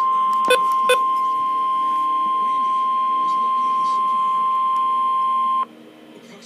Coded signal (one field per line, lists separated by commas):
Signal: Emergency Alert System (SAME) tones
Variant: 1050 Hz attention tone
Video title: Severe Thunderstorm Warning-(EAS #122)